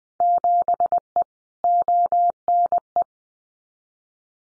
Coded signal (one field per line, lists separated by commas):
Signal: Morse code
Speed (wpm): 20 wpm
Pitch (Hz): 700 Hz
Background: none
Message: 7E ONE